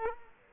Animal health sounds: mosquito wingbeat signal from an infrared sensor; Culex quinquefasciatus

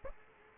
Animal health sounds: mosquito wingbeat signal from an infrared sensor; Aedes aegypti

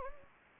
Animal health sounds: mosquito wingbeat signal from an infrared sensor; Anopheles gambiae

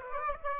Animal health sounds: mosquito wingbeat signal from an infrared sensor; Aedes aegypti

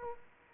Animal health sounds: mosquito wingbeat signal from an infrared sensor; Aedes aegypti

